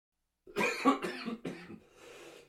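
Three short, harsh cough bursts from an adult man in quick succession over about a second, each with a sharp onset, followed by a softer breathy exhalation, in a small quiet room.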